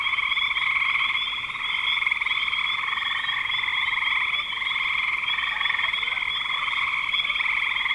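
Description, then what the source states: Steady chorus of frogs, dense overlapping pulsed trills that barely pause. Spring 2025.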